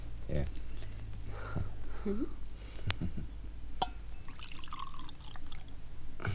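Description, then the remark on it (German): A drink pours into a glass in a steady, splashy trickle lasting several seconds, with a couple of sharp clicks partway through and voices murmuring underneath. “Aber voll. Ja. Genau. Nö, noch ein bisschen.”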